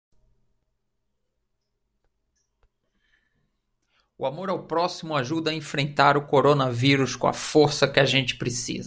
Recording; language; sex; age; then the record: spoken sentence; Brazilian Portuguese; male; 50 to 59 years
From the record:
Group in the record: control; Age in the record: 52 years